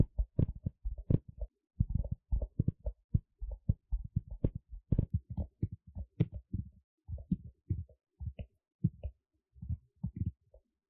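Tapping in quick, uneven bursts, each tap a short dull thud with a low, soft body and only a faint click on top. The taps come in clusters of two to four, several per second, with brief pauses between groups across the whole clip.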